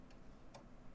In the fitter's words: There we go, that's I latch.